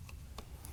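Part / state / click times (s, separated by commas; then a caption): plastic dust-collection shroud onto router base / not seated / none. A plastic dust-collection shroud is handled and pushed toward the base of a Festool plunge router, with a few faint, brief plastic taps and rubs over low background hum. Nothing has seated or snapped into place yet.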